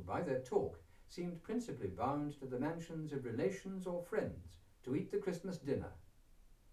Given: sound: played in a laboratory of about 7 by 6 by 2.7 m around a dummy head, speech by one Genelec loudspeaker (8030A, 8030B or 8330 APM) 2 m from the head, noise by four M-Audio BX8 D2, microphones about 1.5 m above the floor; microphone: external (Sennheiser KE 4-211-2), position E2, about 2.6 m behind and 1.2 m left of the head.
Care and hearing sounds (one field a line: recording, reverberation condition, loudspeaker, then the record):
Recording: male speech in English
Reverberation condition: low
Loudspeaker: 30 degrees to the left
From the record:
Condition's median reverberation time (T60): about 310 ms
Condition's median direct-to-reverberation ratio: about 3.5 dB